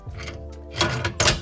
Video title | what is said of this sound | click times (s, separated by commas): Hooking Up the Trailer to Depart | you hear it lock into place. | 1.2 s